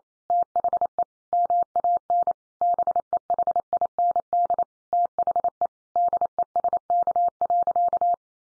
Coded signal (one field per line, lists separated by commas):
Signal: Morse code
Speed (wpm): 28 wpm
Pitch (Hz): 700 Hz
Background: none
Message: THE MAN BEHIND THE DESK.